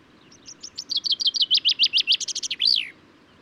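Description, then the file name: Common chaffinch song: a series of high chipping notes that speeds up, then finishes with a brief, emphatic flourish. Male singing; recorded in Důl Bílého Labe, Czech Republic, on 22 May 2018. "cchaffin-coelebs-1-M-S cz dul-bileho-labe"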